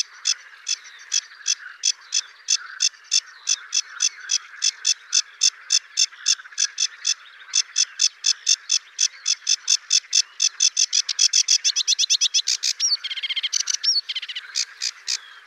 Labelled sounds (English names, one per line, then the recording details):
Sedge Warbler song
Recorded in the wild
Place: Braslawskiye, BY
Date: 2005-05-18
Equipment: Minidisc Sony MZ-R35, Telinga DAT, Telinga-Parabolspiegel
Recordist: Schwarz, Dieter